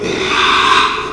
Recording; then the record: squeal of a Yucatan mini pig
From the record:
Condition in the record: after surgery on the right vocal fold (resection and tissue-engineered implant); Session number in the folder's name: 1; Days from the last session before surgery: 6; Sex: male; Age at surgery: 12 weeks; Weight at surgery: 13 kg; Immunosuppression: cyclosporine, prednisolone